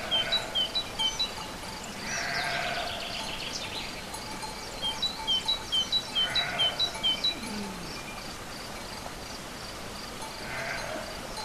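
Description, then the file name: Sheep bleating three times, well spaced, with runs of a bird's rapid repeated chirps. Sheep together with birds at a farm ('chez le maitre') on 29 April 2011. "oiseaux moutons chez le maitre 29 04 11"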